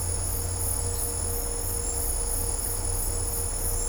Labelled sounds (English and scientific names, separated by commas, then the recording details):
none
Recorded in dense forest near Puerto Asís, Putumayo, Colombia, on 20 December 2024 at 17:30
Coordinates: 0.503, -76.323
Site G043